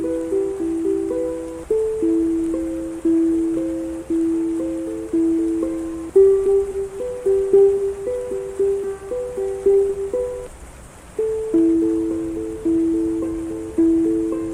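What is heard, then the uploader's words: A ukulele plays a slow, repeating pattern of plucked notes in a middle register, each one ringing and fading before the next, with a brief pause near the eleventh second. Underneath, a faint, steady hiss of rain fills the background throughout. The sound of the ukulele and the rain.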